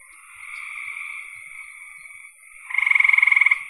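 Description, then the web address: Frog chorus of soft high trills, ending with one loud, fast-pulsed rattling call lasting nearly a second. "cn frogs"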